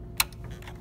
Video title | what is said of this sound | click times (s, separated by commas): Threading a Bobbin Case | I'm going to stick it into the machine until I hear it click | 0.2 s